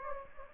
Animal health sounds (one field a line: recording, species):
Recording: mosquito wingbeat signal from an infrared sensor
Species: Anopheles gambiae